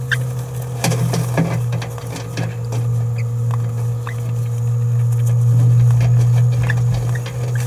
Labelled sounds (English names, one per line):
Green-rumped Parrotlet babbling